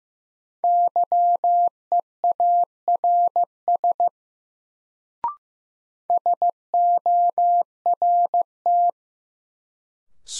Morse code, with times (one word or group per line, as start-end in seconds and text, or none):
0.6-4.1 YEARS
6.1-8.9 SORT